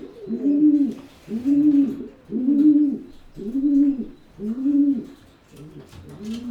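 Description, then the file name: Pigeon producing loud, regular coos, each a short swelling hoot, about one per second, fading slightly at the close. "holub"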